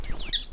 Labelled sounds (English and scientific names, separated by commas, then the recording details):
Stitchbird (Notiomystis cincta) song
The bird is a male
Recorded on Tiritiri Matangi Island, New Zealand, in 2005
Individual 7, of nest box 9